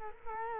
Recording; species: mosquito wingbeat signal from an infrared sensor; Culex quinquefasciatus